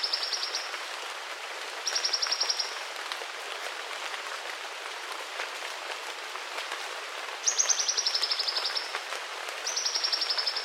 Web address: black breasted sun bird call